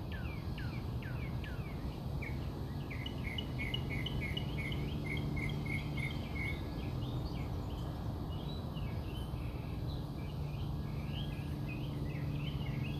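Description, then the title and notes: Birds chirping in quick falling notes, many short chirps repeated over steady low background noise. Birds singing outside the recordist's house. "Bird Songs Part Two. More bird songs outside my house"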